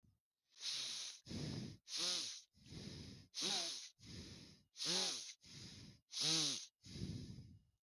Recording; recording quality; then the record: deep breathing; excellent, no background noise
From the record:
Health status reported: healthy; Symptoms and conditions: cold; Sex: male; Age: 40 years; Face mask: worn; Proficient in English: yes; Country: India